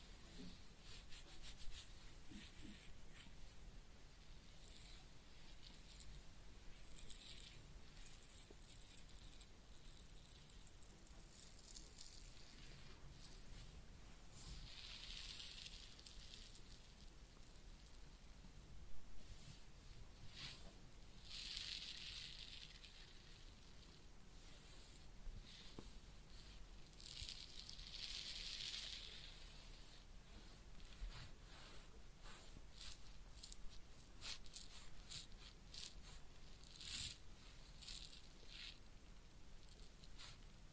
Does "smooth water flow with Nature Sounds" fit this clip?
no